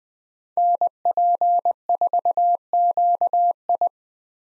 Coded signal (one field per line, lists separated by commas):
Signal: Morse code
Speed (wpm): 20 wpm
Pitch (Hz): 700 Hz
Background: none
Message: NP4QI